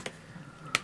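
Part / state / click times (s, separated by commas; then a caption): LCD flex connector into tablet logic board / seated / 0.8 s. The LCD flex connector of an iPad mini 2 with Retina Display is pressed onto the tablet's logic board after the digitizer connector. A faint short tick comes at 0.1 s, then a sharp, bright click at 0.8 s as the LCD connector seats, confirmed as clicked in.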